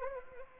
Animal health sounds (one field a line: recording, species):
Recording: mosquito wingbeat signal from an infrared sensor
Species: Anopheles arabiensis